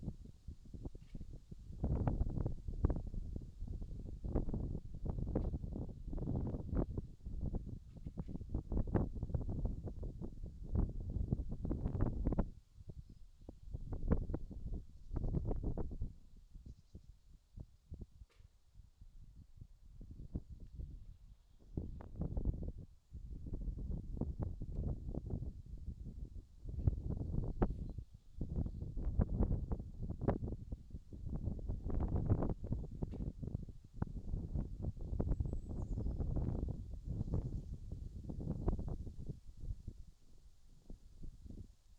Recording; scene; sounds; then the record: everyday scene through a hearing-aid microphone; wind on the microphone; wind, other noises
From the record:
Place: in front of a rural house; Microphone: in the ear canal, left